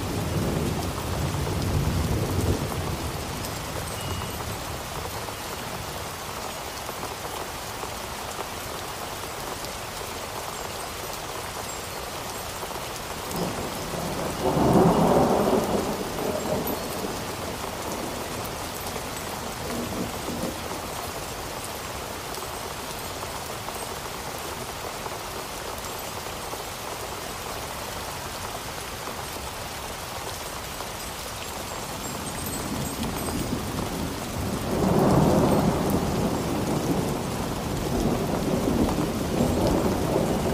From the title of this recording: A Relaxing Storm